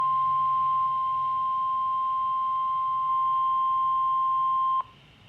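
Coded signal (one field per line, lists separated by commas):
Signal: Emergency Alert System (SAME) tones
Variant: 1050 Hz attention tone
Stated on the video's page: Severe thunderstorm warning received on NOAA Weather Radio.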